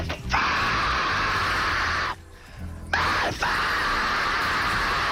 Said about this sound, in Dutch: Mensen uit de buurt belden de politie omdat ze iemand om hulp hoorden roepen. Bleek alleen te gaan om een hysterische gamer die online zijn medespelers om hulp riep.